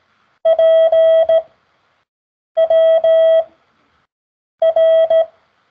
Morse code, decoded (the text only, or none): PWR